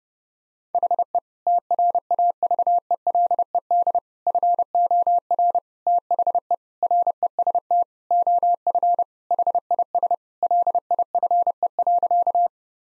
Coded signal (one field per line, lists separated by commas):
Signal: Morse code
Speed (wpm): 30 wpm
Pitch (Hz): 700 Hz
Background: none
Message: HE TRAVELED FOR THE REST OF HIS LIFE.